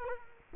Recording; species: mosquito wingbeat signal from an infrared sensor; Culex quinquefasciatus